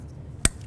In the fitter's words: we're gonna connect in the electrical connectors listen for that beautiful click noise